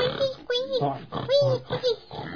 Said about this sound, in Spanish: Puercos guaguas. Sí, jugando en el charco. Con el charco de agua, unos bonitos puercos eran.